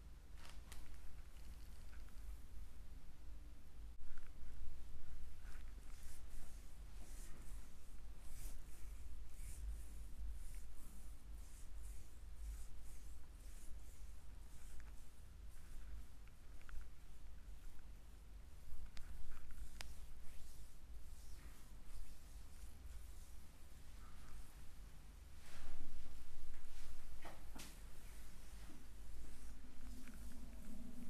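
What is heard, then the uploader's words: A deep foot massage: hands rub and knead in dense, uneven strokes, with scattered soft knocks and sharp little clicks. The rubbing grows louder and fuller around 25–27 seconds. A steady low hum sits underneath throughout. ASMR relaxing deep foot massage.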